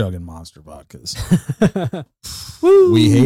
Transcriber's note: laughing